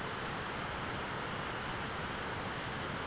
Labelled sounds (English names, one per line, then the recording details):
none
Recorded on Arctic tundra, site ZACK-1, on 13 June 2019
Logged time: 03:49